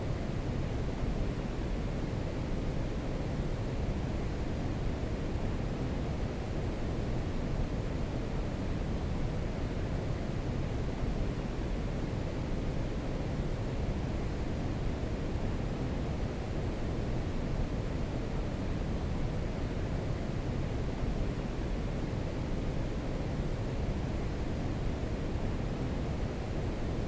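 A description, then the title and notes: Brown noise runs unchanged for the whole clip, a dense, steady rumble weighted heavily toward the low end. The deep roar dominates while the hiss above it is soft and muted, with no events, gaps or changes in level. Soothing Brown Noise. All Raw and mixed audio recorded on: Focusrite Scarlett CM25, Focusrite Scarlett 2i2 Audio interface.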